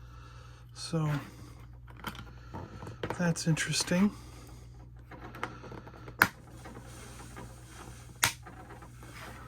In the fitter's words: Just snaps right in.